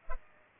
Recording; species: mosquito wingbeat signal from an infrared sensor; Culex pipiens